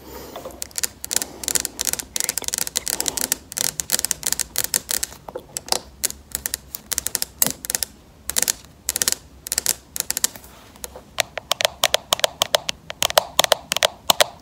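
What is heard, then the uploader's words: Acrylic nails tap in quick, uneven bursts for the whole stretch, each click sharp and bright with a crisp top edge. The taps come densely, sometimes in rapid flurries and sometimes with short gaps, over a faint low hum. ASMR Tapping with Acrylic Nails.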